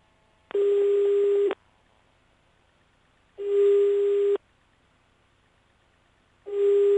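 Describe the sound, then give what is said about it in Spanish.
A telephone ringback tone purrs on the line while calling the Manpower office: three steady, mid-pitched buzzing rings, each about a second long, separated by two-second pauses of silence, with no voices. “Llamá tranquilo, a ver.”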